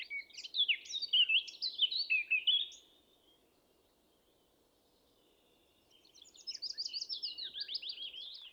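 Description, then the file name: Eurasian blackcap singing a rapid, varied warble of sweet whistles and scratchy notes, a pause of about three seconds, then another warbled phrase begins. "Sylvia atricapilla"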